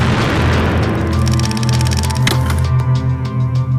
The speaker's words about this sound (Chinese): 此时 U2 的预警系统爆响，但已经完全来不及规避。萨姆二型导弹的火网瞬间粉碎了 U2， 飞行员叶成帝被活捉。